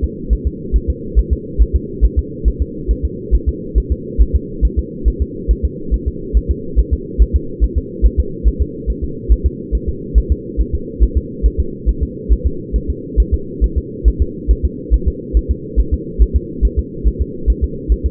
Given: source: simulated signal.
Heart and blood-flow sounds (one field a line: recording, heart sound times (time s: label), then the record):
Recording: fetal heart sounds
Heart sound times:
0.04 s: S2
0.33 s: S1
0.47 s: S2
0.76 s: S1
0.90 s: S2
1.19 s: S1
1.33 s: S2
1.62 s: S1
1.76 s: S2
2.05 s: S1
2.19 s: S2
2.48 s: S1
2.62 s: S2
2.91 s: S1
3.05 s: S2
3.35 s: S1
3.49 s: S2
3.78 s: S1
3.92 s: S2
4.21 s: S1
4.36 s: S2
4.65 s: S1
4.79 s: S2
5.08 s: S1
5.22 s: S2
5.51 s: S1
5.65 s: S2
5.94 s: S1
6.08 s: S2
6.37 s: S1
6.51 s: S2
6.79 s: S1
6.93 s: S2
7.22 s: S1
7.36 s: S2
7.64 s: S1
7.78 s: S2
8.06 s: S1
8.20 s: S2
8.48 s: S1
8.62 s: S2
8.90 s: S1
9.04 s: S2
9.32 s: S1
9.46 s: S2
9.75 s: S1
9.89 s: S2
10.18 s: S1
10.32 s: S2
10.61 s: S1
10.75 s: S2
11.03 s: S1
11.18 s: S2
11.46 s: S1
11.60 s: S2
11.89 s: S1
12.03 s: S2
12.33 s: S1
12.47 s: S2
12.76 s: S1
12.90 s: S2
13.20 s: S1
13.34 s: S2
13.64 s: S1
13.78 s: S2
14.08 s: S1
14.22 s: S2
14.51 s: S1
14.65 s: S2
14.94 s: S1
15.08 s: S2
15.37 s: S1
15.51 s: S2
15.80 s: S1
15.94 s: S2
16.22 s: S1
16.36 s: S2
16.65 s: S1
16.79 s: S2
17.07 s: S1
17.22 s: S2
17.50 s: S1
17.64 s: S2
17.92 s: S1
18.06 s: S2
From the record:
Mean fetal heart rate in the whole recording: 140 bpm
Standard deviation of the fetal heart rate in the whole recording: 2 bpm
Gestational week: 34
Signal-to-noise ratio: -4.3 dB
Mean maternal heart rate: 72 bpm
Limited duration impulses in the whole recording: absent